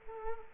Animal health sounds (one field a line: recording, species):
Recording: mosquito wingbeat signal from an infrared sensor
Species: Culex quinquefasciatus